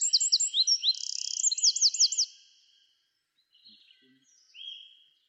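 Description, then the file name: Eurasian wren song, a quick bright tumble of high notes and a buzzy rattle for about two seconds, then near silence and a soft whistled note. "Troglodytes troglodytes"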